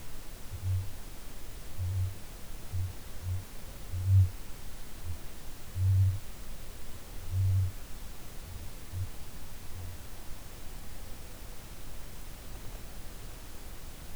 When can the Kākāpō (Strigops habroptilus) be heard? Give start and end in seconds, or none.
0.50-7.74, 8.75-10.09